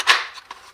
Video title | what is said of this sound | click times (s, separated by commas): Hoster for the Taurus G3 with Olight Baldr Pro R | so it snaps in uh and then we block it out | 0.5 s